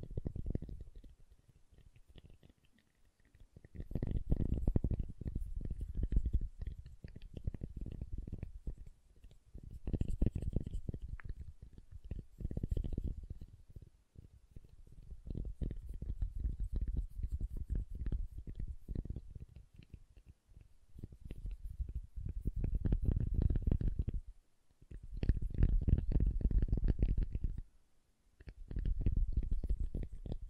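Soap being tapped and carved, heard as dense, crackly, low scraping strokes in bursts of a few seconds each. Short pauses break the runs at regular intervals, about every four to five seconds. A faint hiss of fine clicks sits above the deeper grinding.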